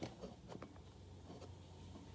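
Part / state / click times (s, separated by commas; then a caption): plastic arm-mount sections of a transforming toy rotating into the torso / not seated / none. Someone handles the black plastic sections holding the arms of a Transformers Earthrise Snapdragon toy, rotating them upward toward the torso during transformation. Only soft plastic handling noise is heard, with a brief tap near 0.0 s and a sharper short tick near 0.6 s. The clip ends before the parts reach their stop, so nothing has clicked into place yet.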